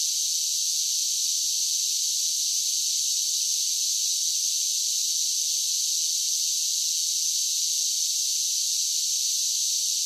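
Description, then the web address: Cicada chorus, a dense high-pitched buzz sustained evenly throughout with no gaps and no other sounds. Several cicadas singing together. "Blastwave INSECTS Cicadas Sing"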